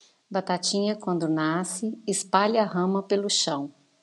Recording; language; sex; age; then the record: short text; Brazilian Portuguese; female; 50 to 59 years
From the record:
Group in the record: control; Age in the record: 51 years